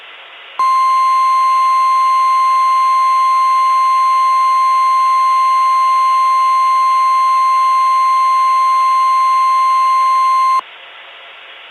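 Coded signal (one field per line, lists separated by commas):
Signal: Emergency Alert System (SAME) tones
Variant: 1050 Hz attention tone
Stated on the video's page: Mock EAS alert made with spliced text-to-speech voices; simulated, not a real broadcast.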